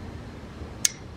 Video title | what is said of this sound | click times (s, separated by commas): Lincoln Ranger 10000 fuel problems | There we go. You heard that click? That means it's locked in, it's sealed. | 0.8 s